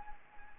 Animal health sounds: mosquito wingbeat signal from an infrared sensor; Anopheles arabiensis

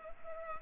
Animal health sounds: mosquito wingbeat signal from an infrared sensor; Culex pipiens

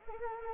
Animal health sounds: mosquito wingbeat signal from an infrared sensor; Anopheles arabiensis

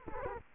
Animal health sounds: mosquito wingbeat signal from an infrared sensor; Culex quinquefasciatus

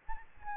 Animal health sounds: mosquito wingbeat signal from an infrared sensor; Aedes albopictus

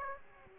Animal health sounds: mosquito wingbeat signal from an infrared sensor; Aedes aegypti

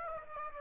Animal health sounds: mosquito wingbeat signal from an infrared sensor; Aedes aegypti

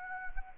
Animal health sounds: mosquito wingbeat signal from an infrared sensor; Anopheles arabiensis

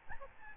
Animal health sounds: mosquito wingbeat signal from an infrared sensor; Aedes albopictus

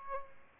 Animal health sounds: mosquito wingbeat signal from an infrared sensor; Aedes albopictus

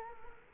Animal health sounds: mosquito wingbeat signal from an infrared sensor; Culex quinquefasciatus

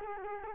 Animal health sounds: mosquito wingbeat signal from an infrared sensor; Culex quinquefasciatus

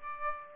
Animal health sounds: mosquito wingbeat signal from an infrared sensor; Aedes aegypti

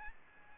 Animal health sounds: mosquito wingbeat signal from an infrared sensor; Aedes albopictus

